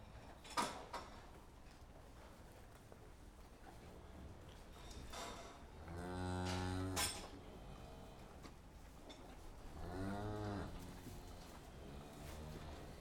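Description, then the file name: Cow giving two moos several seconds apart, amid a quiet background with a sharp clink near the start. "vaches"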